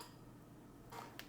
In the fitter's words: So if I go like that, you'll see that it just snaps together.